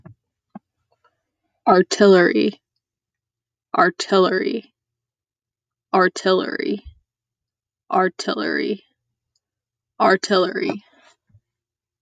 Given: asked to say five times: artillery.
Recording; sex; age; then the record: repeated word; female; 20 to 29 years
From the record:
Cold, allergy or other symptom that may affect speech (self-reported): no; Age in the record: 23 years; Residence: California, United States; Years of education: 14